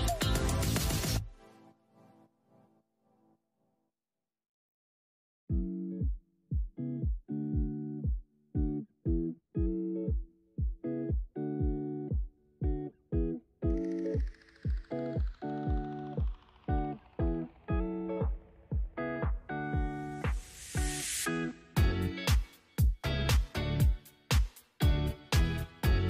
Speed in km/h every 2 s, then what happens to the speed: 89, 92, 92, 89, 79, 58, 50, 45, 42, 40, 55, 55, 58.
0-5 steady at about 92. 5-16 brakes to 42. 18-20 speeds up to 55. 20-26 steady at about 55.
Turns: none.